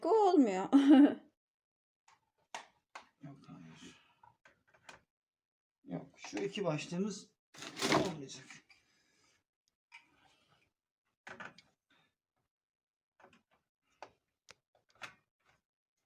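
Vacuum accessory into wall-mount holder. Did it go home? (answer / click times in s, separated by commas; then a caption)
no / none. Someone talks while a plastic accessory for a Dyson V12 vacuum is handled at its holder on the wall mount, with light taps and knocks of plastic between the speech. Nothing has seated or clicked into the holder yet.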